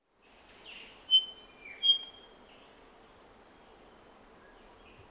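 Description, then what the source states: Whistler gives two sharp, high whistled notes close together, preceded by a softer note and followed by faint scattered chirps in steady low hiss. Papua New Guinea.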